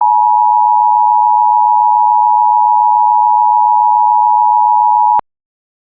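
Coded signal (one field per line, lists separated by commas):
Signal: Emergency Alert System (SAME) tones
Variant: 853 and 960 Hz attention tone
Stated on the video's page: AMBER child abduction alert, Georgia statewide.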